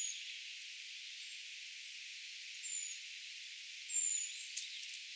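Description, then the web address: Eurasian treecreeper calls: a few sparse, very high, thin notes, the clearest near the end, over a steady soft hiss. Calls of a brood of young treecreepers, recorded 4 June 2025; the recordist gives the identification as tentative. "paivat 4 6 2025 tietaakseni puukiipijapesueen aantelya"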